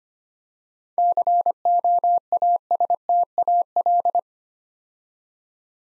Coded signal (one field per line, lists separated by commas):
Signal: Morse code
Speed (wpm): 25 wpm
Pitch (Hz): 700 Hz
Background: none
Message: COASTAL